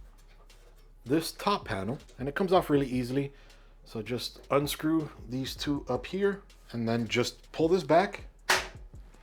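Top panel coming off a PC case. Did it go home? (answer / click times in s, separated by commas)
released / 8.5 s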